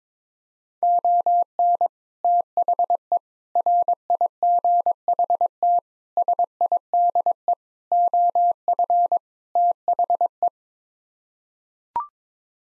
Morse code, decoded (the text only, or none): ON THE RIGHT SIDE OF THE